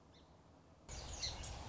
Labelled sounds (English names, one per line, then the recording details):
Song Sparrow
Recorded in Sonoma County, California